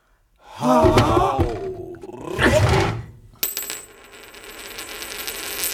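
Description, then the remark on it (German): An ancient coin with Greek writing drops and rings out with bright metallic clinks, clattering in two bursts before settling, then a steady hiss with faint high tones follows. “Eine Münze.”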